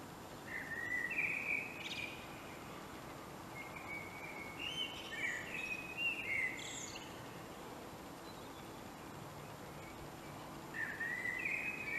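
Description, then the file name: Common blackbird song: three separate fluty, warbling phrases, the middle one longest with a high, scratchy trailing twitter, over a steady hiss. "Turdus merula"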